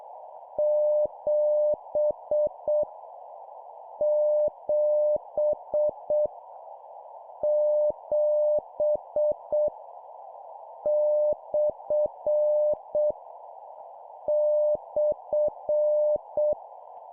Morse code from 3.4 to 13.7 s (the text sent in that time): 7 7 /